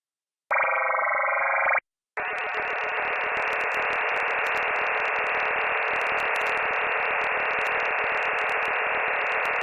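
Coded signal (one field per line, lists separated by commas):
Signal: digital SSTV (DRM)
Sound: short chord of stepping tones, pause, then steady wide rushing hiss to the end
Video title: Data bij de Daily Minutes Podcast (DRM, Fldigi) 15 september 2019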